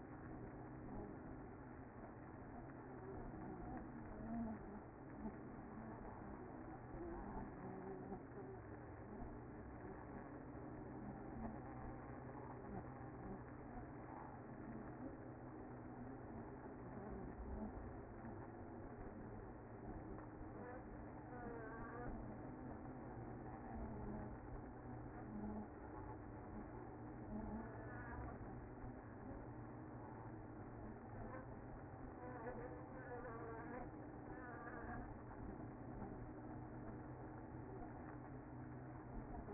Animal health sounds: honeybee colony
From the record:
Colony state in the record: active

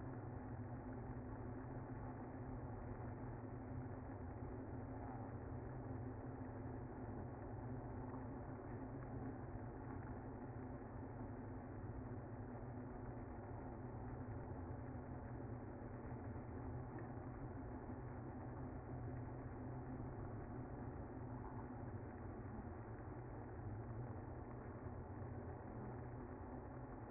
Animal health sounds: honeybee colony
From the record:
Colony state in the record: active

